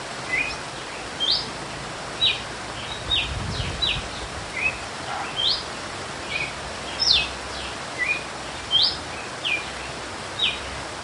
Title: Canto Galo Campina Fêmea 01. GALO de CAMPINA cantando açoite flauteado